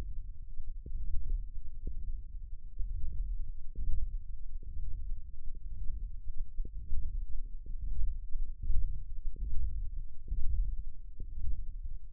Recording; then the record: forearm muscle sounds (acoustic myography)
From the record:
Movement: hand opening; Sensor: system 1, eight BSWA MPA416 microphones around the upper forearm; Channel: 6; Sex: male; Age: 23 years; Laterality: right